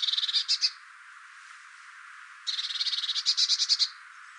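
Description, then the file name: Eurasian blue tit calls as fast, scratchy chattering: a short rattle, then a longer churring series of rapid pulses about two seconds later. "Cyanistes caeruleus"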